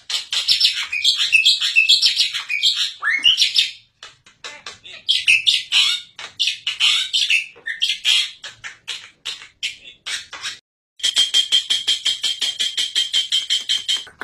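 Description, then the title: Black-winged myna song: dense, varied chattering and squeaky notes in bursts, a short pause, more jumbled phrases, then a fast, even series of sharp ticking notes near the end. Dense, varied, persistent singing, used as a training recording (masteran) for captive songbirds. "Kicauan Rapat Jalak Putih Gacor Banyak Variasi Untuk Masteran"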